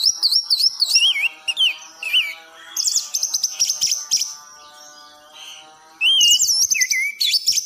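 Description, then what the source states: Thrush song: rich whistled phrases, rising and falling loops and sharp high notes in bursts, over a steady low droning tone. Anis (thrush) singing in the 'gacor teler' style, used as masteran for training other songbirds.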